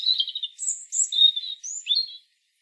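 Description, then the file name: European robin singing a continuous sweet, high warbling phrase of trills and thin sliding whistles that jump between pitches, then stopping. "Erithacus rubecula"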